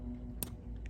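A brass hand nut on the threaded shaft of a clock movement is turned counterclockwise until it gives a sharp, bright click at 0.4 s over a low background hum, followed by a much fainter tick near 0.9 s. The click means the nut is seated correctly.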